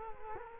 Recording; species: mosquito wingbeat signal from an infrared sensor; Culex quinquefasciatus